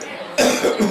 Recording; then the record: coughing mixed with background sound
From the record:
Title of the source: Spring Cold Coughing 3